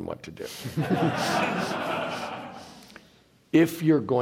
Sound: laughter

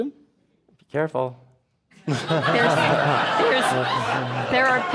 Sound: laughter

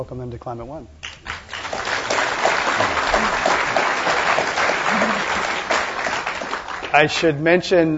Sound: applause

